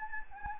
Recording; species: mosquito wingbeat signal from an infrared sensor; Anopheles gambiae